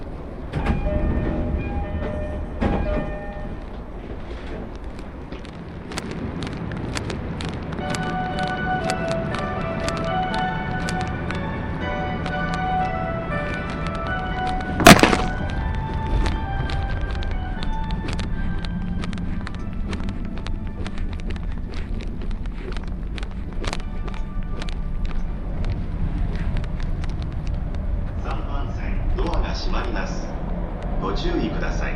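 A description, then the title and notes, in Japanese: Onboard a local commuter train, a steady low rumble fills the cabin while a whining motor tone rises and holds through most of the ride. Frequent light clicks from the rails tick by, with one sharp loud bang near the middle. 耳で楽しむ鉄道旅 常磐線普通 石岡→土浦→取手。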